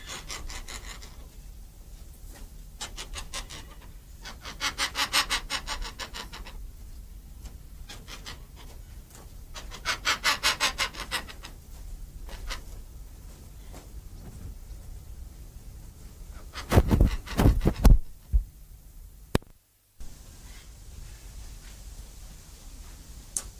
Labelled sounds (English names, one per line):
White Cockatoo call